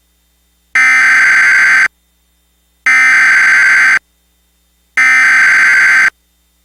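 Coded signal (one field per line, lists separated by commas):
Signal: Emergency Alert System (SAME) tones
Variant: header bursts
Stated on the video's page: Mock EAS tornado warning with valid tones, styled as relayed by a satellite television headend.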